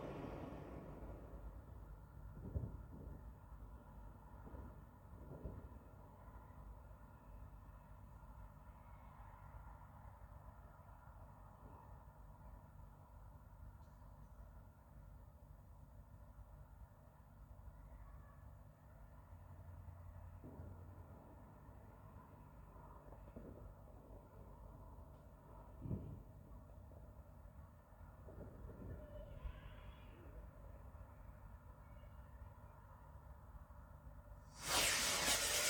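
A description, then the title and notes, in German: New Year's Eve fireworks go off as a steady low rumble with scattered dull booms, around 3, 6, 20 and 26 seconds. Faint crackles and voices sit in the background, and a sudden loud, sharp burst hits right at the end. Silvesternacht: Feuerwerk und Freude.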